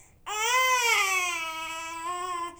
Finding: Baby Cry.